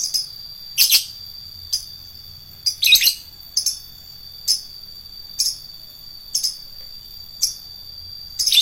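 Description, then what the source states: Lovebird calls: short shrill chirps repeated about once a second, one harsher burst early on, against a steady high whine. Adult fighter lovebird.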